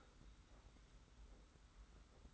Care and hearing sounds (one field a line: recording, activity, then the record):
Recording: daily activity, microphone in the room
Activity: take from stove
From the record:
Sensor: 3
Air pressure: 991.1 hPa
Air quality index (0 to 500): 102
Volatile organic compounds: 36 ppm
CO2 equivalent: 3081 ppm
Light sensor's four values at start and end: 45/124/51/44 and 45/124/51/44